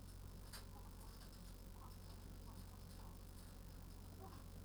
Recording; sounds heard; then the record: poultry house recording; healthy chickens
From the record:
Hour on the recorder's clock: 18